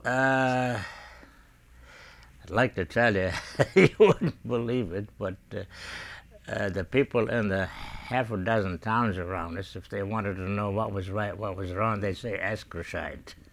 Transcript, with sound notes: Uh, I'd like to tell you. ( he laughs ) You won't believe it, but the people in the half a dozen towns around us, if they wanted to know what was right and what was wrong they'd say ask Roshide.